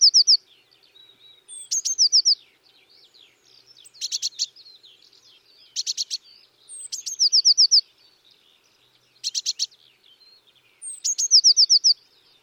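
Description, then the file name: Eurasian blue tit repeating a high note and quick trill every few seconds, with short harsh buzzy bursts in between. "Cyanistes caeruleus"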